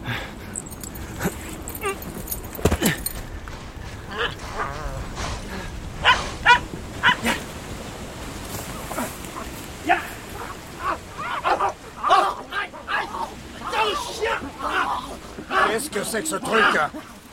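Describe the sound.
A small, frightened dog yaps and whimpers in quick, irregular bursts of shrill, high-pitched cries, with voices mixed in beneath the agitated yelping throughout.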